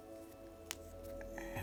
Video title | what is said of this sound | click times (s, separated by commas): Tamiya Ford Bronco 2021 Build Series! - Step 52 - The Headlights | I can hear that clicking in so we know that's | 0.7 s